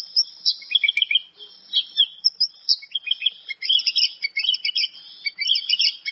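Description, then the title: Javan bush lark song of dense, high twittering and quick chipping phrases, run together almost without pause. Local strain; female calling the male; full varied song with mimicry. "Suara Branjangan Lokal Gacor DOR Full Isian Tembakan Betina Gacor memanggil Jantan"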